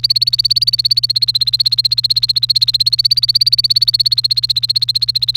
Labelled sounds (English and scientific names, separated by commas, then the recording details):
Domestic Canary (Serinus canaria) song
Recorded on 1 May 2018 at 11:34
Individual llb3